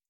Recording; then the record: hydrophone in a shrimp aquaculture tank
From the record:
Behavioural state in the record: feeding